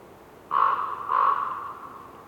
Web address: WINTER Forest windy whistling blizzard snow with raven bird croaking, North Laurentian Woods, Canada. GDC 2018-Game Audio Bundle